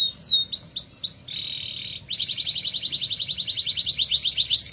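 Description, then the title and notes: Canary singing four quick swept whistles, a short steady tone, then a long rapid rolling trill. F1 canary (Kenari F1 Ys); therapy recording to prompt a canary that has stopped singing (Indonesian: kenari macet). "TERAPI KENARI MACET. Kenari F1 Ys"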